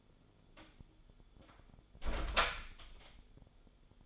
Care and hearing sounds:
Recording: daily activity, microphone in the room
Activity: close door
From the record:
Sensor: 5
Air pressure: 1015.3 hPa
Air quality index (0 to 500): 211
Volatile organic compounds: 11 ppm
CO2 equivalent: 2291 ppm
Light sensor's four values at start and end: 35/80/32/31 and 35/80/32/31

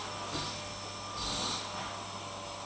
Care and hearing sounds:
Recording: daily activity, microphone in the room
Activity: vacuum cleaning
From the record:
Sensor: 1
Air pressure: 1000.2 hPa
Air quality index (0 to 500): 139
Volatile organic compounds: 2 ppm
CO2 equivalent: 1307 ppm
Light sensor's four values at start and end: 32/81/34/41 and 32/81/34/41

